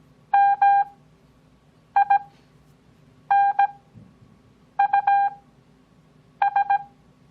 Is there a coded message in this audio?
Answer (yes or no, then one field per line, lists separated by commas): yes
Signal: Morse code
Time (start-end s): 0.3-6.8 s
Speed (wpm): 17 wpm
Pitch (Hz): 800 Hz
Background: none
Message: MINUS